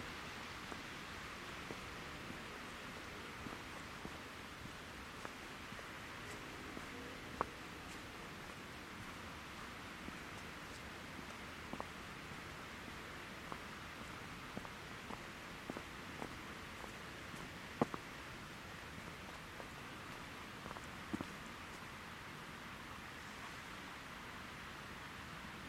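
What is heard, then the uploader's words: Winter ambience in a forest park: a steady, even hiss like light rain or thaw fills the whole stretch without change. Soft scattered ticks and taps, like drops on twigs, land every second or so, over a faint low rumble of traffic. Forest Park in Winter.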